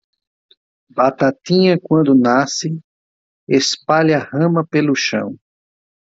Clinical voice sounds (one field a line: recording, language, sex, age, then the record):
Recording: short text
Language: Brazilian Portuguese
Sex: male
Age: 40 to 49 years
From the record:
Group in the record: control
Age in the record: 47 years